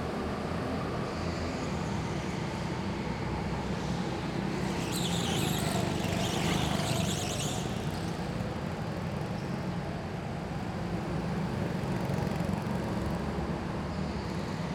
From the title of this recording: Laps Around the Go-Kart Track Ambience